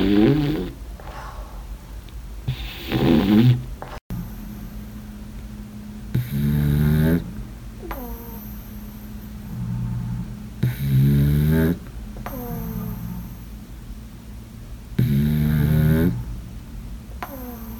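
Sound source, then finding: French Bulldog, asleep. Snoring.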